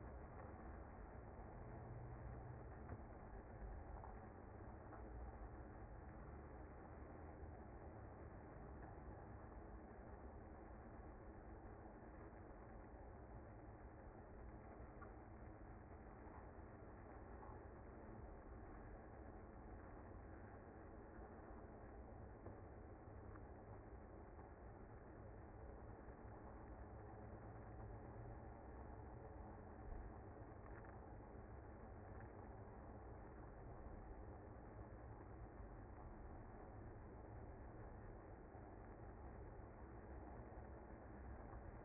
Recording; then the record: honeybee colony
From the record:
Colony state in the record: active